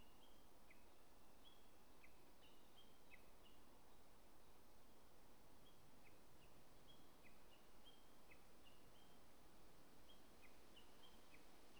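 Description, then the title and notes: Japanese bush warbler giving a fast series of short, sharp chevron-shaped notes, repeated more than twice a second, against steady background hiss. At Polan Square by the Miyazawa Kenji Memorial Museum parking lot, National Route 456, Hanamaki, Iwate, Japan; recorded on a DR-07XP. "宮沢賢治記念館駐車場, 国道456号, 花巻市, 岩手県, 日本 - uguisu in Polan Square. uguisu(鶯)=Horornis diphone. DR-07XP"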